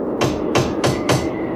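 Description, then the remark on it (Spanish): Four soft, evenly spaced, cautious knocks on a wooden door by the servant Poole in a story reading, each a short dull rap of moderate loudness, with steady background noise and no voices. “Poole llamó con unos golpes cautelosos.”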